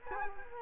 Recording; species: mosquito wingbeat signal from an infrared sensor; Culex quinquefasciatus